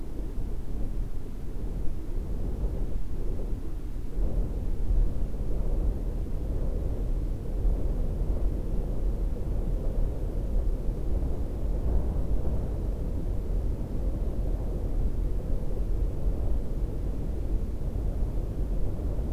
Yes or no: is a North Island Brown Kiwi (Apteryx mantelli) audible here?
no